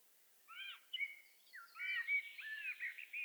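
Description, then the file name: Common blackbird giving fluty whistled notes with clear overtones, flowing into a busier warbling run. "Turdus merula"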